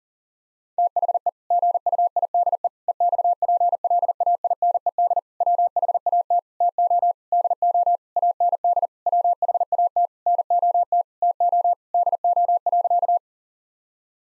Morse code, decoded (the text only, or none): THE GUIDE EXPLAINED WHAT TO DO AND WHAT NOT TO DO.